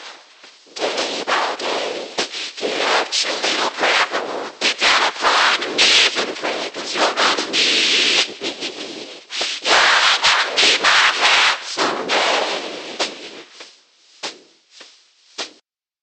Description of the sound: "Milk Cow Blues": Snare and Vocals, Cochlear Implant Simulation.